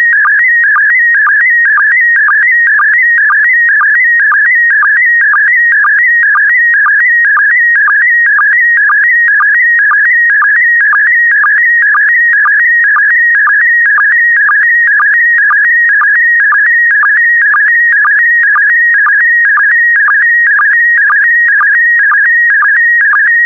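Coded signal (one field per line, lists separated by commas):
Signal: SSTV (slow-scan television)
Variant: PD120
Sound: steady warbling high tone with short regular low blips about twice a second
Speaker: complete. You can now check your decoded image against the picture that is shown on the video.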